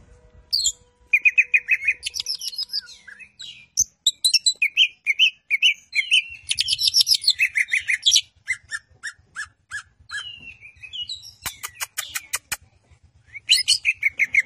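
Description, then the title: Greater green leafbird song: a rich, varied run of chirps, trills and whistled phrases with harsh rasping bursts and rapid clicking notes, delivered almost without pause. Champion song, lively and continuous (gacor), used as a training recording for caged songbirds (masteran). "Cucak Ijo Juara Suara Kicau Cucak Ijo Gacor Masteran Cucak Hijau"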